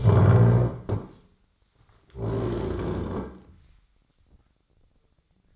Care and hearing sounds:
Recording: daily activity, microphone in the room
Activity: stand up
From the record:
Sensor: 3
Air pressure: 1009.2 hPa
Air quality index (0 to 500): 182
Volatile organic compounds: 3 ppm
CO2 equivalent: 1474 ppm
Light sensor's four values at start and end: 50/129/56/57 and 43/114/50/51

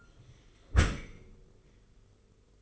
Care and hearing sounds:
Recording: daily activity, microphone in the room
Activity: close dishwasher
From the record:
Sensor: 4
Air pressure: 991.3 hPa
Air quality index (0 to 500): 157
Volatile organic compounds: 123 ppm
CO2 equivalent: 3894 ppm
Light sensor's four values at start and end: 23/75/28/29 and 23/75/28/29

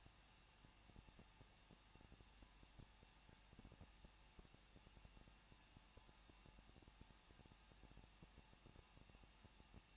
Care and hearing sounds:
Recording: daily activity, microphone in the room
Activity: no activity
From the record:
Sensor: 1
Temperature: 20.1 degrees Celsius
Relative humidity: 39.0%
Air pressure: 1006.6 hPa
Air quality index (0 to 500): 216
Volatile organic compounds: 71 ppm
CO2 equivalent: 3532 ppm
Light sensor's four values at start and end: 1/2/1/1 and 1/2/1/1

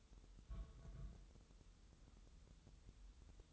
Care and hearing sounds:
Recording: daily activity, microphone in the room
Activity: place on stove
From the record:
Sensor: 3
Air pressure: 988.3 hPa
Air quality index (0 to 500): 190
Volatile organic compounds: 258 ppm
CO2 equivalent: 4383 ppm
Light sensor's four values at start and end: 24/75/31/27 and 24/75/31/27

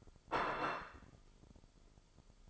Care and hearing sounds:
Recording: daily activity, microphone in the room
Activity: place plate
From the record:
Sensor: 5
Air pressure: 995.4 hPa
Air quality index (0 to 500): 87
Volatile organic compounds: 4 ppm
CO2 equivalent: 1619 ppm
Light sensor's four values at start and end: 23/58/22/21 and 23/58/22/21

